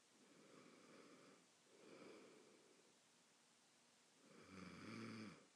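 Three slow, noisy sleeping breaths in under six seconds from an adult recording themselves asleep. The last and loudest carries a low, rattling, buzzing flutter. This is snoring, the vibration of the soft tissues of the throat during sleep, in a quiet room.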